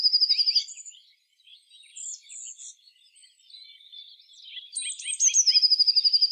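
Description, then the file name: Eurasian blue tit trill at the start, a quiet stretch of faint chirps, then a fresh phrase of high thin notes sliding into a quick ringing trill. "Cyanistes caeruleus"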